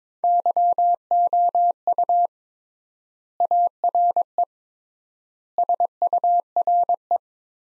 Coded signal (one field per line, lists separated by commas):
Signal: Morse code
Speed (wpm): 22 wpm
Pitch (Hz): 700 Hz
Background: none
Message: YOU ARE SURE